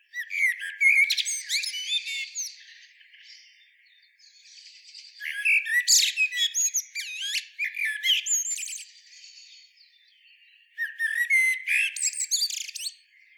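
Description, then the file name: Common blackbird song: warbled phrases followed by high squeaky twittering, three bursts separated by short quieter gaps, no other clear sounds. "Turdus merula"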